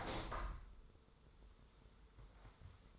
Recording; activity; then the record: daily activity, microphone in the room; open window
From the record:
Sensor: 3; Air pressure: 995.7 hPa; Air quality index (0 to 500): 93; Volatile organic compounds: 11 ppm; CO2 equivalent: 2310 ppm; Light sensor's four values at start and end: 27/82/34/30 and 28/83/35/30